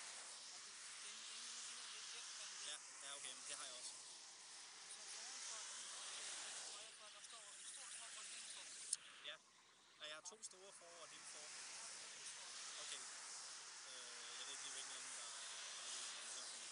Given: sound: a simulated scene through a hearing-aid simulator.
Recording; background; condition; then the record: conversation; traffic; -4 dB SNR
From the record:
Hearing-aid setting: III (slow-acting compression, loudness normalization, advanced features for about 2.5 dB of SNR improvement); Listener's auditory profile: B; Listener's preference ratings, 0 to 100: 17, 17, 11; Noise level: 75 dB SPL